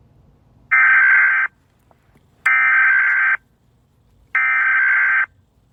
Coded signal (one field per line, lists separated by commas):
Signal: Emergency Alert System (SAME) tones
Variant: header bursts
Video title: Eas Alarms: animation Asian (part2)